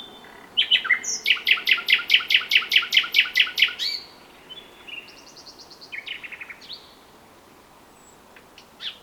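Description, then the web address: Common nightingale song: a loud series of many evenly repeated notes, then softer varied phrases and quiet trills. "SETE Luscinia megarhynchos"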